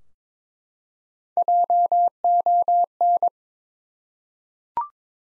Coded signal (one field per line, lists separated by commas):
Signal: Morse code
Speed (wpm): 22 wpm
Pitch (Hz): 700 Hz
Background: none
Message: JON